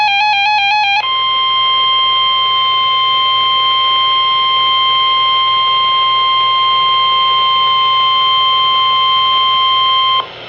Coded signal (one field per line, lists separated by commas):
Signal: Emergency Alert System (SAME) tones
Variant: 1050 Hz attention tone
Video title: Severe Thunderstorm Warning (EAS #148)